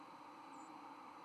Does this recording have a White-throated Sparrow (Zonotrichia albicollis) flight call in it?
no